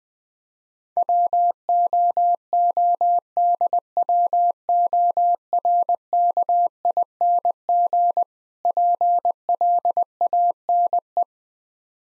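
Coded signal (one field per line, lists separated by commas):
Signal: Morse code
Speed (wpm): 20 wpm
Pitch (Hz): 700 Hz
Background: none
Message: WOODWORKING PLANE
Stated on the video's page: Morse practice drill of difficult words at 20 wpm, speed-racing format with contextual hints.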